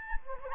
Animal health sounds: mosquito wingbeat signal from an infrared sensor; Anopheles gambiae

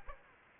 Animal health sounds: mosquito wingbeat signal from an infrared sensor; Aedes aegypti

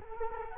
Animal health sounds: mosquito wingbeat signal from an infrared sensor; Culex quinquefasciatus

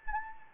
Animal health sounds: mosquito wingbeat signal from an infrared sensor; Anopheles arabiensis

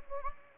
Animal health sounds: mosquito wingbeat signal from an infrared sensor; Anopheles gambiae

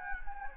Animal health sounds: mosquito wingbeat signal from an infrared sensor; Anopheles gambiae

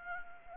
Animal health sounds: mosquito wingbeat signal from an infrared sensor; Anopheles gambiae

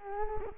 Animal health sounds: mosquito wingbeat signal from an infrared sensor; Culex quinquefasciatus

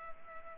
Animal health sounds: mosquito wingbeat signal from an infrared sensor; Culex pipiens

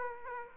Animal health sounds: mosquito wingbeat signal from an infrared sensor; Aedes aegypti

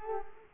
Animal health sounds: mosquito wingbeat signal from an infrared sensor; Culex quinquefasciatus

